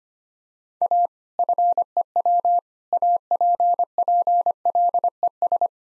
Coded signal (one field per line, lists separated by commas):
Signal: Morse code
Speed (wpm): 25 wpm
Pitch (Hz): 700 Hz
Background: none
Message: A FEW APPLES